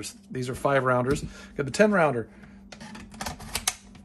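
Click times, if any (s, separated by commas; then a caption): 3.7 s. Someone talks, then a 10-round polymer detachable box magazine is inserted into the aftermarket magazine well of a Remington 700 bolt-action rifle, with a few light clicks and scrapes from about 2.7 s. A sharp click at 3.7 s is the latch catching as the magazine locks into place.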